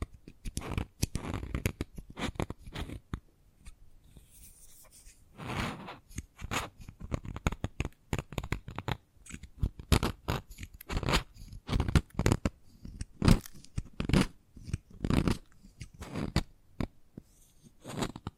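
Chalk taps and scrapes in quick irregular bursts, sharp clicks mixed with short gritty scratches, continuing busily throughout with brief pauses.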